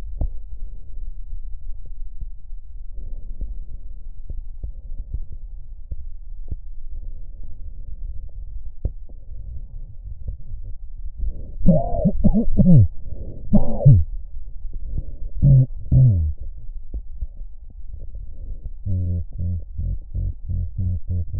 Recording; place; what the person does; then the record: lung sounds by stethoscope; left posterior apical chest; quiet breathing, then cough and speech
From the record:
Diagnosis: none (healthy); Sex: male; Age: 34 years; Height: 174 cm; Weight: 93 kg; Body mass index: 30.7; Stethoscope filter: extended mode